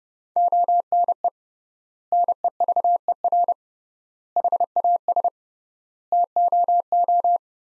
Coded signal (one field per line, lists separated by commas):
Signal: Morse code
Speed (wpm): 30 wpm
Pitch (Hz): 700 Hz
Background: none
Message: ONE NEVER HAS TOO